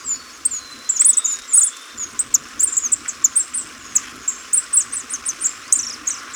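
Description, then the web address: Black-backed bush tanager calling: dense, twittering series of high, thin chips and squeaky notes, bunched in rapid clusters then spaced singly, over steady background hiss. Recorded in Ecuador. "Birds of Ecuador. Black-Backed Bush-Tanager"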